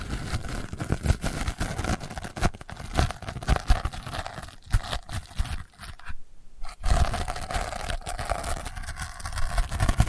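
Delicate scratching goes on almost without pause, a dense run of short rasping strokes with a brief quieter gap just past six seconds.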